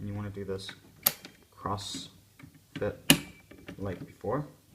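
A CPU cooler push pin is handled at a motherboard mounting hole, ready to be pressed in crosswise like the one before, while someone talks and a few brief sharp knocks sound around 1.1 s and 3.1 s. The pin has not seated or clicked into place yet.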